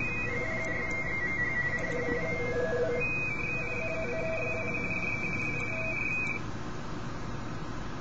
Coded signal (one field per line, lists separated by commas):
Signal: RTTY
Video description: I was just casually hunting and pouncing on RTTY signals on 40 meters and a little on 20 meters.